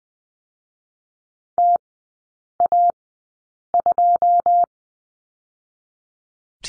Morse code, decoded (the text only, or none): T A 2